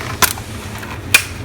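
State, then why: Seated. A crankcase vent line fitting is pushed by hand onto its port on a 2009 BMW 550i 4.8 L engine. A faint tick around 0.3 s is followed by a sharp snap at 1.2 s over a low steady hum. The connector seats fully home.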